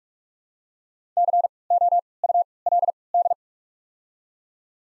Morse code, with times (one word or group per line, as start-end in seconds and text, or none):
1.2-1.5 C
1.7-2.0 O
2.2-2.4 U
2.7-2.9 L
3.1-3.3 D